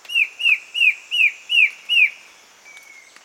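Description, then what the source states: Black-headed antbird call: six clear, slightly downslurred whistled notes at an even pace, about three per second, then a faint thin level whistle. Male, recorded 22 June 2008.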